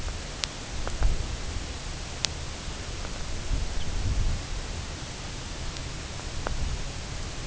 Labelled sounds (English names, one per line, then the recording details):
Lapland Longspur
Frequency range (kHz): Lapland Longspur 2.8-4.2 kHz
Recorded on Arctic tundra, site UTQI-2, on 16 June 2019
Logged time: 00:00